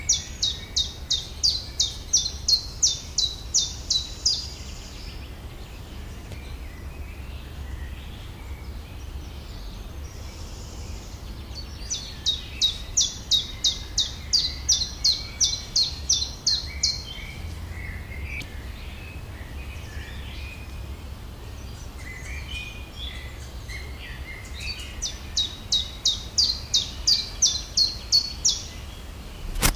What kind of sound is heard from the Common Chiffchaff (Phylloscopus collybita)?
song